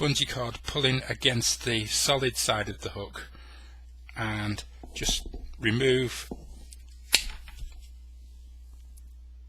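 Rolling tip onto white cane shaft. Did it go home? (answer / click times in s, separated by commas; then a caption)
yes / 7.2 s. Someone talks while removing a wooden spoon that holds a white cane's bungee cord apart, letting the elastic cord inside pull the new rolling tip hard against the end of the shaft. A loud, sharp snap at 7.2 s seats the tip onto the shaft, showing how tight the cord's tension is.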